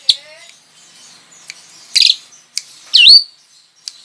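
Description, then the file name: Javan pied starling song: scattered harsh chirps and a sharp rising-falling whistled note near three seconds, with short pauses between bursts. Lure call (pancingan) of the Javan pied starling, used to attract birds. "suara pancingan jalak suren"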